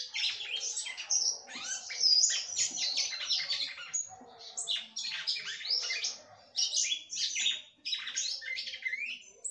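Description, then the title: Red-cowled cardinal song: continuous lively stream of high twittering, scratchy and whistled notes in quick phrases, hardly pausing. "Galo De Campina"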